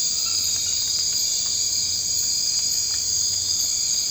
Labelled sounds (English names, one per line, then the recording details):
none
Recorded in dense forest near Puerto Asís, Putumayo, Colombia, on 24 March 2025 at 00:00
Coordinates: 0.485, -76.318
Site G056